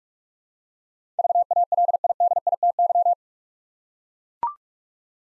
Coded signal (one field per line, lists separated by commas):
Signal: Morse code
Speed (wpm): 44 wpm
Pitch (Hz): 700 Hz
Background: none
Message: VALIDITY